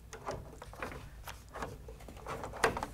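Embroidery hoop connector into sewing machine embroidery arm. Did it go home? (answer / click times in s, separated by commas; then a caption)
yes / 2.6 s. A plastic embroidery hoop connector is slid back into the embroidery arm of a Husqvarna Viking Designer Brilliance 80 sewing machine, between its plastic and metal parts, with soft scraping and light taps near 0.8 s and 1.6 s as it moves in. It is pushed until it clicks sharply at 2.6 s, followed by two faint ticks, and the connector is seated.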